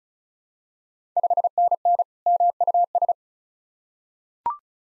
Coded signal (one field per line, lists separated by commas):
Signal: Morse code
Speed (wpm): 36 wpm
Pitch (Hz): 700 Hz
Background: none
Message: 5NN MUS